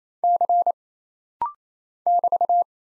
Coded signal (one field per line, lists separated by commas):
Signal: Morse code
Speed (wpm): 27 wpm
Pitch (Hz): 700 Hz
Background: none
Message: C <BT>